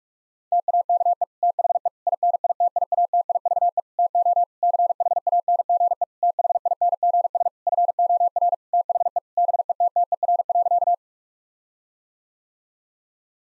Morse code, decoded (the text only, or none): TAKE THE INITIATIVE TO CHANGE THINGS FOR THE BETTER.